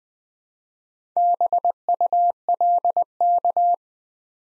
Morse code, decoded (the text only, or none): BULK